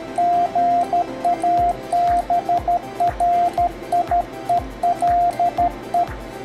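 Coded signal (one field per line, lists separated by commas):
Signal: Morse code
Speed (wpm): 13 wpm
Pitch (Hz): 700 Hz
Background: music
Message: GABRIELE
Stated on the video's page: QRP CW at 5 W on HF using a nearly invisible emergency antenna with tuner, 40 to 10 metre bands, contact with Spain.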